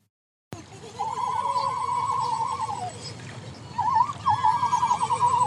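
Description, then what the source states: Beluga whales whistling underwater, wavering warbled tones in two long bouts separated by a brief gap. Critically endangered Cook Inlet, Alaska population; multiple whales calling together, number unknown; recorded passively with an underwater acoustic recorder; shows the range of their calls.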